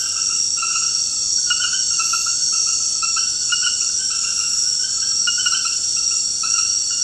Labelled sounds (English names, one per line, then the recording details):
none
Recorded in dense forest near Puerto Asís, Putumayo, Colombia, on 20 February 2024 at 23:00
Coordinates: 0.472, -76.329
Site G6394